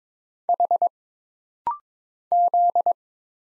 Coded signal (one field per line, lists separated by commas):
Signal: Morse code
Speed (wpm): 22 wpm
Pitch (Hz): 700 Hz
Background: none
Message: H Z